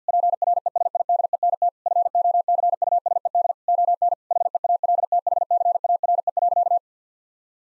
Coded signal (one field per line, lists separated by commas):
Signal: Morse code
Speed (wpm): 50 wpm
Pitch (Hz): 700 Hz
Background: none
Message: PRESIDENT FOCUSED ON HEALTHCARE.